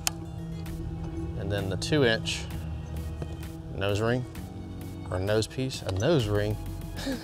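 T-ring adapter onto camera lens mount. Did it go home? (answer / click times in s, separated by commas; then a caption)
yes / 0.1 s. An EOS T-ring adapter is twisted onto a stock DSLR camera's bayonet mount and locks into place with a sharp tick at 0.1 s. Someone talks over steady background music.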